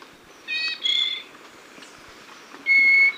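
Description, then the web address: Spotted nightingale-thrush singing a few brief, pure whistled notes, two close together then one longer level note. Ecuador. "S America Birds of Ecuador. Spotted Nightingale-Thrush"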